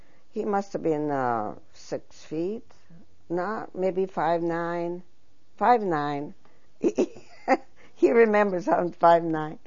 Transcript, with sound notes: He must have been six feet, no, maybe five-nine, five-nine. ( she laughs ) He remembers he was five-nine.